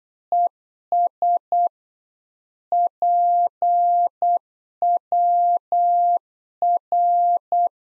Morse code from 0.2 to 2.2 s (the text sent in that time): ES